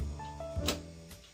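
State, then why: Seated. A filter holder is inserted into a compact Philips Baristina espresso maker and seats with a sharp click at 0.7 seconds, locking in place. Music plays underneath.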